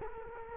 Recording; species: mosquito wingbeat signal from an infrared sensor; Culex quinquefasciatus